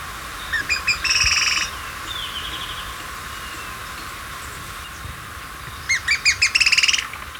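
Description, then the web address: Black-throated tody-tyrant calling twice: spaced high ticks that quicken into a short, rapid trill, then a second bout building the same way after a pause. Recorded in Ecuador. "Birds of Ecuador 3-04 Black-Throated Tody-Tyrant"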